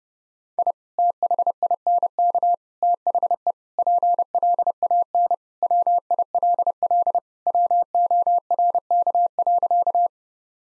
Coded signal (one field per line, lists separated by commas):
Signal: Morse code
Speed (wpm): 32 wpm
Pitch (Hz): 700 Hz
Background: none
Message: I THINK THE PLAN WILL WORK.